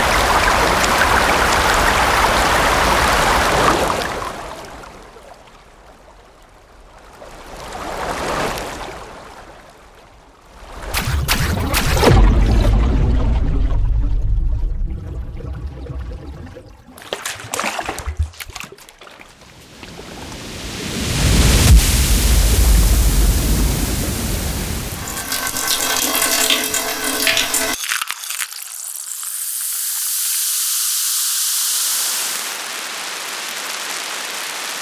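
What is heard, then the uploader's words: A sequence of water sounds in changing forms, moving from rushing, swelling washes through trickling and bubbling passages with rippling, pitched gurgles. Loudness rises and falls in waves, with abrupt cuts between sections. The final stretch is a steady, bright hiss like escaping steam. Water in all its chemical derivations, including liquid, gaseous, and solid states.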